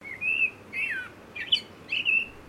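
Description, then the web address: Blackbird calls: a few short, slightly wavering whistled notes over a steady soft background hiss. "Sound Effects-Foundation 1 BIRD BLACKBIRD CALL"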